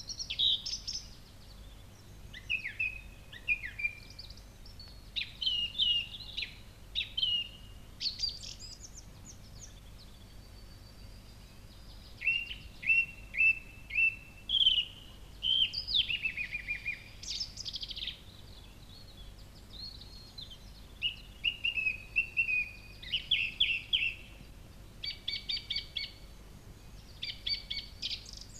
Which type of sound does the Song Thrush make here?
song